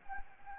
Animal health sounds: mosquito wingbeat signal from an infrared sensor; Anopheles arabiensis

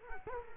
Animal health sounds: mosquito wingbeat signal from an infrared sensor; Culex quinquefasciatus

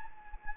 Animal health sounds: mosquito wingbeat signal from an infrared sensor; Anopheles gambiae

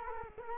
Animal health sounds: mosquito wingbeat signal from an infrared sensor; Culex quinquefasciatus

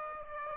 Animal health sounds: mosquito wingbeat signal from an infrared sensor; Aedes aegypti

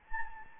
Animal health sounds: mosquito wingbeat signal from an infrared sensor; Anopheles gambiae

